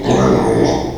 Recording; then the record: squeal of a Yucatan mini pig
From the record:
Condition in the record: before surgery on the right vocal fold (resection and tissue-engineered implant); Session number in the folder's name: 1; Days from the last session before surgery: -3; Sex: male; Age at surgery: 12 weeks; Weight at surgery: 13 kg